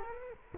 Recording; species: mosquito wingbeat signal from an infrared sensor; Culex quinquefasciatus